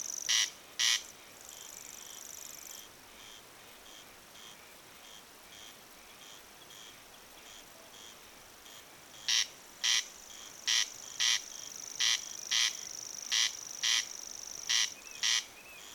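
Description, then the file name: Corn crake rasping call, dry double notes given in pairs, one pair early then a steady series of paired rasps later, over a constant high insect-like whine. "Crex crex"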